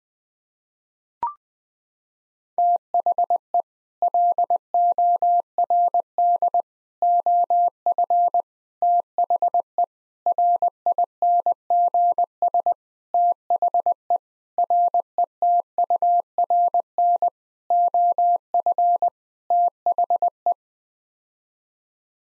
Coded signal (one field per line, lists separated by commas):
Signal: Morse code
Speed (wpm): 20 wpm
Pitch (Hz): 700 Hz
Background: none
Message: THE LORD OF THE RINGS THE RETURN OF THE